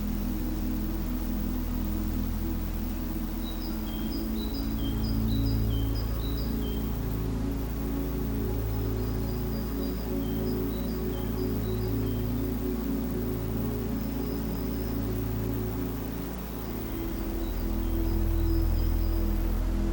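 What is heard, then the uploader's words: Soft, soothing music over a gentle wind, with steady low sustained tones, slowly swelling bass pulses, and faint bright chiming notes in brief runs. Tonights soundtrack blends soft, soothing music with the sound of a summer breeze. Relaxing Music with Gentle Wind.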